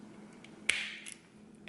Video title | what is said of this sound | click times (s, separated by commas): Philips Norelco Electric Shaver S9721 Unboxing Video | should hear the clicking noise and it's back in but | 0.7 s